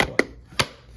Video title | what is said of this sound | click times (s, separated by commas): RYOBI Cordless Stick Vacuum - BEST 18v ONE+ Battery operated vacuum - REVIEW - Compact - POWERFUL | clicks into place like that all right cool | 0.2 s